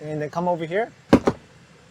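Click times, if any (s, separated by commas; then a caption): 1.1 s, 1.3 s. On a 2021 Infiniti QX50, someone talks while pulling the plastic door panel along its edge, and two sharp pops are heard at 1.1 s and 1.3 s. These are further door panel retaining clips in the door frame popping loose, leaving the panel unclipped on both sides.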